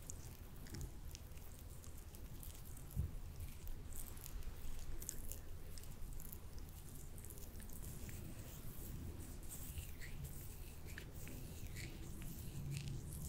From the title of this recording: lotion sounds